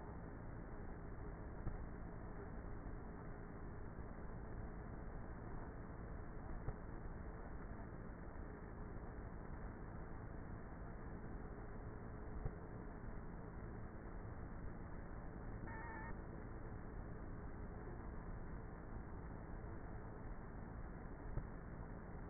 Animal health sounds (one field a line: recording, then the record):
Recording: honeybee colony, microphone inside the hive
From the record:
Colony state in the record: queenless with a low population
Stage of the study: before two queens were removed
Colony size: about 30,000 bees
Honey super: no